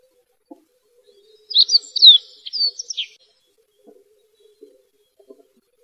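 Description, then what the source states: Bird chirping in a quick series of bright, high twittering notes lasting under two seconds, followed by quiet with faint soft taps. Recorded while walking through the recordist's own family orchard, in a quiet setting away from the city.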